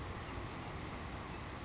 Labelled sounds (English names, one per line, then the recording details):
Savannah Sparrow
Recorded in Sonoma County, California